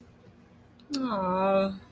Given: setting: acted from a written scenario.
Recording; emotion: vocal sound without words; sympathy